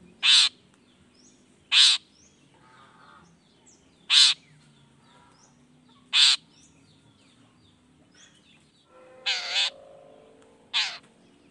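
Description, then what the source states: Long-tailed shrike calling with loud harsh notes a second or two apart, then a longer, rougher doubled burst and one more note. Morning recording with 'toet toet' voice variations, meant to stimulate lazy, silent shrikes to quickly start singing along.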